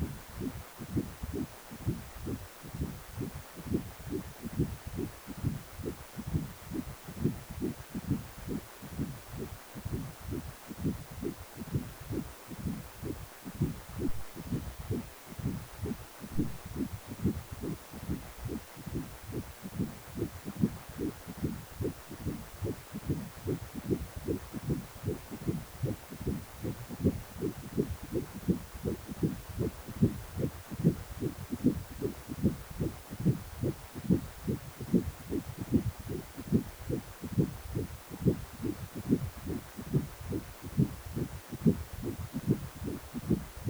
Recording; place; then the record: Doppler ultrasound of blood flow; precordium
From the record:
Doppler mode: continuous wave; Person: healthy adult, 18 to 50 years, no heart murmur, not diving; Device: 2.5 MHz transducer